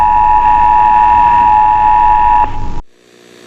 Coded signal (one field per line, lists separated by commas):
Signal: Emergency Alert System (SAME) tones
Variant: 853 and 960 Hz attention tone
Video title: 1/8/1995 11:00:00 EMERGENCY ALERT SYSTEM